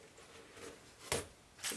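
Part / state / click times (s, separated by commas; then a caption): rivet cap onto rivet post through bag fabric / seated / 1.1 s. The metal back (cap) of a bag rivet is pressed by hand onto the rivet post through the zipper tape and the bag's fabric exterior. After a faint, quiet rustle, a short sharp click at 1.1 s marks the cap snapping onto the post and seating, followed by another brief broadband burst near 1.6 s.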